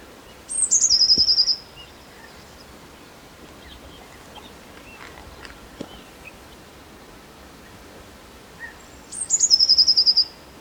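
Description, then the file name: Eurasian blue tit call: two high, thin phrases, each a sharp descending note running into a fast trill, about nine seconds apart, over quiet background. "Cyanistes caeruleus"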